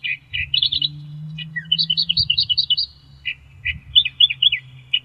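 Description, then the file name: Australian reed warbler song, a jumble of chirps and rapid repeated notes, varying in pitch from phrase to phrase. Bird song. "suara kicauan burung kerakbasi australia. omkicau"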